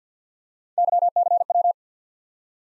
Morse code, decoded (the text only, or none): YCW